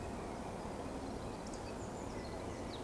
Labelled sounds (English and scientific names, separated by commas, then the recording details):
Eurasian Woodcock (Scolopax rusticola) whistle
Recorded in Baden-Württemberg, Germany, on 12 June 2020 at 19:44 UTC
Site 14569, 102 m above sea level